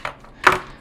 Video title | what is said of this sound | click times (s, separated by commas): Buildhte 1989 batmobile stages 42-50 by #fanhome | ，装好了。你看，我们把它装在那里。然后我们把这个部件套在它上面，把它推进去，让边缘严丝合缝地卡进去。这个部件也装得很顺利。 | 0.5 s